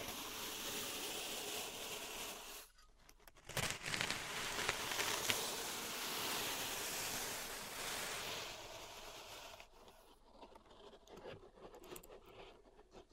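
Pink salt being raked and scraped in a zen garden, a dense, hissing rasp that runs steadily for the first two and a half seconds. After a brief pause a louder burst of scraping sweeps on from about four to eight seconds, then it thins into softer, scattered scratches and taps.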